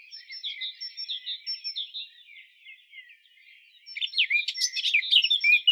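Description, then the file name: Eurasian blackcap song, soft twittering with thin high whistles, then a loud rich scratchy warble bursting in after four seconds. "Sylvia atricapilla"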